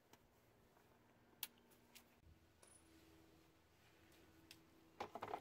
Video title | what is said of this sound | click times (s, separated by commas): How to Use A Torque Wrench (Foot Pound, Inch Pound, Digital Torque Wrench) | is a click style torque wrench meaning that once he reaches the torque setting it does a click sound and this | 1.4 s